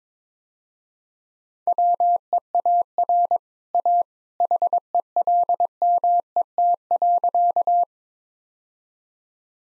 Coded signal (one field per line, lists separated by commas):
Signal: Morse code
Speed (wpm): 22 wpm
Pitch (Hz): 700 Hz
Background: none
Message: WEAR A HELMET.